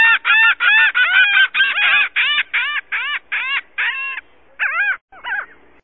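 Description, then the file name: Laughing gull calling in a fast series of harsh, nasal laughing notes that gradually slow, thin out and fade toward the end. "Lauging Gull"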